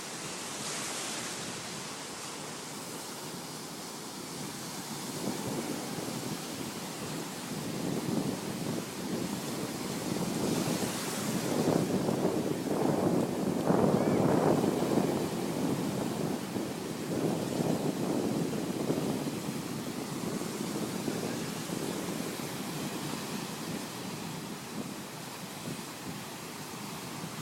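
Seawater washes and surges at a beach, a dense rushing wash that swells from the start to a peak around 12 to 16 seconds, then eases back. Rolling pulses of churning water mark the louder middle, with a steady hiss underneath throughout.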